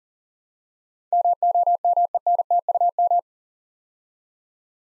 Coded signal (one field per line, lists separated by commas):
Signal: Morse code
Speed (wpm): 39 wpm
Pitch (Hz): 700 Hz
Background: none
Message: MOMENTUM